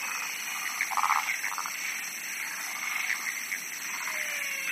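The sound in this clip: Frogs calling in a chorus, short pulsed croaks and rattles overlapping, loudest near the start, over a steady high-pitched background hum.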